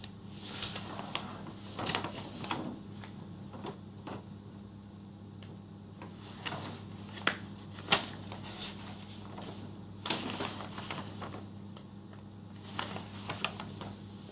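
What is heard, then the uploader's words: Paper rustles and pages shuffle in bursts while someone goes through notes, with sharp taps and clicks over a steady low hum. Going through my notes and re-writing stuff.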